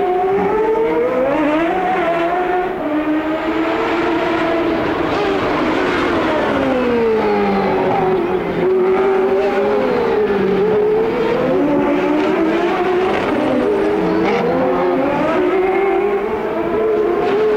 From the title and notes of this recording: The Sounds of CART IndyCar at Detroit, 1990. Trackside sounds of the CART IndyCar Series as it raced around downtown Detroit on the former Formula 1 circuit. There’s also the distinct grunt and wail from the 3.4-liter single-turbo Buicks in action around the tight 2.5-mile street layout.